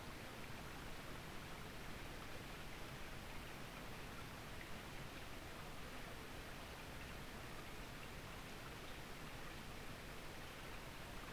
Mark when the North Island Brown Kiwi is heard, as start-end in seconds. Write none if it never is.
none